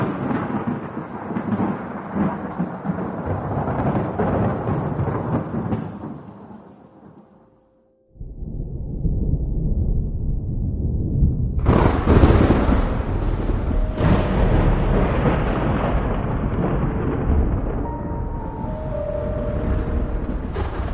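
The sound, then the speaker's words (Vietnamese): Deep, loud rumbling thunder from a powerful night-time lightning strike, shaking a rock cave, rolls on, fading briefly to near silence before another heavy crash bursts in with a crackling, rain-like hiss that sustains to the end. “Mặc dù là Trường Sinh đã từng trải qua những tình huống tương tự trước đây, nhưng đây cũng là lần đầu tiên hắn gặp phải một tia sét mạnh như là đêm nay.”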